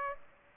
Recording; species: mosquito wingbeat signal from an infrared sensor; Aedes aegypti